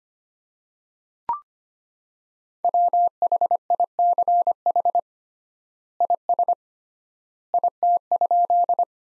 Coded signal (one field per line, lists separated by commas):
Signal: Morse code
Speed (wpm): 25 wpm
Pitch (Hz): 700 Hz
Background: none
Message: WHICH IS IT?